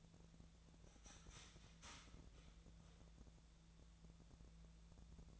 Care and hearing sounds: daily activity, microphone in the room; start toaster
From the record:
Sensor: 3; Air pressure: 1000.2 hPa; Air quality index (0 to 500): 156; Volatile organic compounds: 3 ppm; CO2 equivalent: 1372 ppm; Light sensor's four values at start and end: 37/94/40/43 and 37/94/39/43

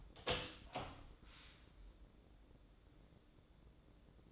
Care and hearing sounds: daily activity, microphone in the room; open door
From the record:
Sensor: 3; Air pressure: 1012.3 hPa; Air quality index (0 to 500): 177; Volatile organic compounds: 3 ppm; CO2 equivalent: 1353 ppm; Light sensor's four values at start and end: 581/1443/597/612 and 575/1429/591/605

